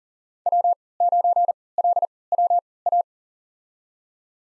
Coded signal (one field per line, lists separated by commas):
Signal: Morse code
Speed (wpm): 40 wpm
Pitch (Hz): 700 Hz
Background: none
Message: W9LWA